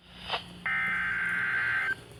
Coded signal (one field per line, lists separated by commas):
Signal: Emergency Alert System (SAME) tones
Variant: header bursts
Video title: radio madness 2 the sequel eas317-363 EAS alerts from 5/19/22